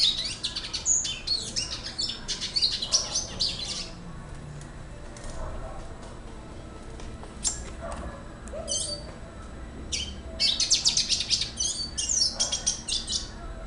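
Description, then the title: Red Siskin song: fast, high twittering bursts at the start and end, with a long quieter stretch of scattered notes between, against quiet background hiss. "Pavanegra. cardenalito cantando"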